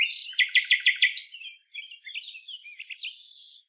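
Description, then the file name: Common nightingale singing a rapid series of about six sharp repeated notes, followed by a softer, jumbled twittering phrase. "Luscinia megarhynchos"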